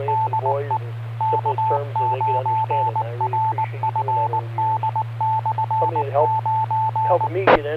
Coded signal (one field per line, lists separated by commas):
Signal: Morse code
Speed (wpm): 19 wpm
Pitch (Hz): 880 Hz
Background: speech, radio noise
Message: DE K9RFD/9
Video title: Friday Night Fun Net | Amateur Radio Worldwide Live Stream Radio | KD9MED